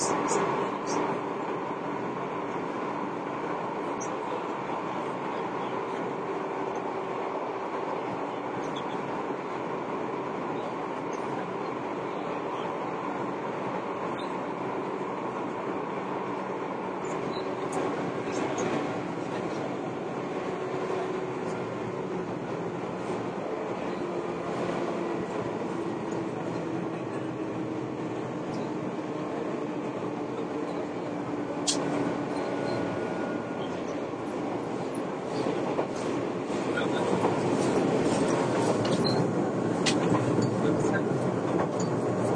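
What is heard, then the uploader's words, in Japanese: A train heard from inside the car, a steady rolling rumble with a low whine and faint wheel clicks and rattles throughout. Around the middle, a soft tone slowly rises in pitch, and in the last few seconds the noise grows louder and rougher. 伊豆急2100系(キンメ電車) 熱海〜伊東。JR伊東線の区間で録音した。制御機器など制御方式は全編成とも抵抗制御である。ブレーキシステムは発電ブレーキ併用電磁直通ブレーキ (HSC-D) であり、合わせて抑速ブレーキも装備する。主電動機はTDK806/5-A、歯車比は5.31。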